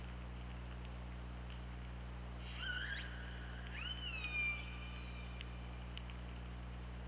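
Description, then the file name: Killer whale calls, two rich harmonic calls in succession, the second ending in a long held tone, with faint clicks and steady low hum. Recorded on the OrcaLab hydrophone, 24 August 2017, at 23:30:47. "Orca Lab UTLN JASON 20170824 233047 ORCALABDYNI"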